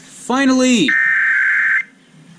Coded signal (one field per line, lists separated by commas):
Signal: Emergency Alert System (SAME) tones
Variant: header bursts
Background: speech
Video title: WXJ53 Weekly Test Cause KEC80 Being Ded and The RMT | 7/15/20 EAS Tests | EAS #94-95